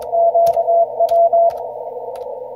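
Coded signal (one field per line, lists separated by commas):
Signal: Morse code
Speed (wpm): 21 wpm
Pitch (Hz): 680 Hz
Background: radio noise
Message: QW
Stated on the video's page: CW contest contacts in the Ohio QSO Party, keyed with a Winkeyer USB and Vibroplex iambic key; Icom IC-7610 at 100 watts into a wire off a tower.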